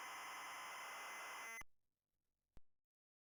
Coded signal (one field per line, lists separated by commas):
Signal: ZX Spectrum tape loading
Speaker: we will load 007 spy